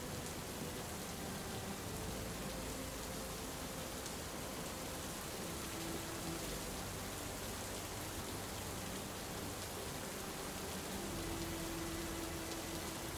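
Rain falls in a steady, dense hiss that stays even from start to finish, with a low, continuous rumble underneath. Faint sustained tones drift softly through the middle range, shifting slowly and sitting well below the rain.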